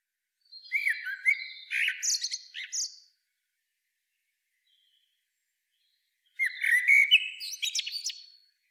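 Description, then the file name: Common blackbird delivering two song phrases about three seconds apart, each a low fluty warble mixed with scratchy, high-pitched twittering, with silence between. "Turdus merula"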